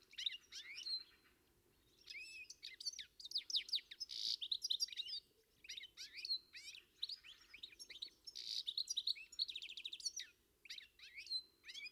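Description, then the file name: European goldfinch twittering: bursts of bright, tinkling, liquid notes and short buzzy trills, nearly continuous with brief pauses, over a faint low background hum. "Carduelis carduelis"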